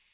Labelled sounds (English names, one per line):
Magnolia Warbler flight call